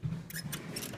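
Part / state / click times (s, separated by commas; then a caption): drawer front latch into side hooks / seated / 0.8 s. A small latch on an IKEA drawer front is pushed into its side hooks, a bit stiff at first, with a sharp transient at 0.3 seconds. It then clicks home and seats at 0.8 seconds over a low background hum.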